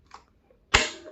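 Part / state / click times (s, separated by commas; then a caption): phone clamp arms of a bike handlebar mobile holder / released / 0.8 s. The release on a Portronics plastic bike handlebar phone holder is pressed, and its clamp arms spring open with a loud, sharp snap at 0.8 s. A few faint small clicks come before it. The clamp is released open.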